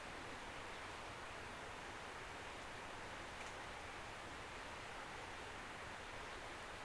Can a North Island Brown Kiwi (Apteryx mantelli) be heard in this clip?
no